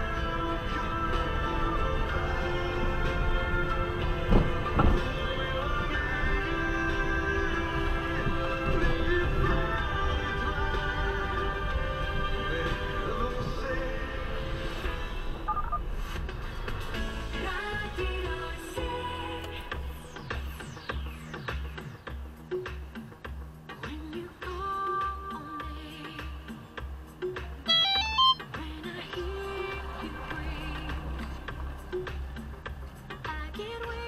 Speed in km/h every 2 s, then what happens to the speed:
19, 19, 18, 19, 15, 13, 8, 6, 3, 0, 0, 2, 0, 0, 0, 0, 0.
0-6 steady at about 19. 6-17 slows to 0. 17-34 standing.